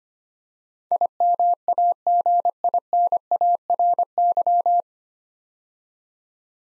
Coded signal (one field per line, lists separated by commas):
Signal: Morse code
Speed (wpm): 25 wpm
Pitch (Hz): 700 Hz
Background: none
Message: IMAGINARY